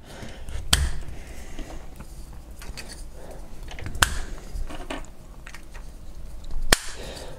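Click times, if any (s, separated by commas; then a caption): 0.7 s, 4.0 s, 6.7 s. 3D-printed ABS pins are pushed into the gears of a 200% scale gear cube puzzle. Each pin snaps into its gear with a sharp, solid click at 0.7 s, 4.0 s and 6.7 s, with quieter handling noise between them. All three pins seat firmly.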